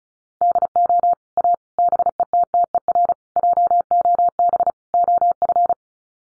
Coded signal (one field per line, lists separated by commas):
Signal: Morse code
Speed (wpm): 34 wpm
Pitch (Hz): 700 Hz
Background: none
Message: DO A BETTER JOB OF